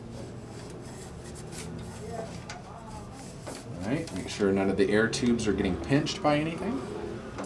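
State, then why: Not seated. The auto AC board tray of a DTG Viper printer is slid straight back into the printer chassis, with care taken that the wires and air tubes are not pinched, while someone talks. Rubbing and sliding handling noises are heard, but nothing has seated or clicked into place yet.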